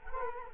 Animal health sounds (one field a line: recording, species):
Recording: mosquito wingbeat signal from an infrared sensor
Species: Culex quinquefasciatus